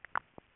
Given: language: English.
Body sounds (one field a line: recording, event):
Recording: throat vibration sensor signal played as sound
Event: swallow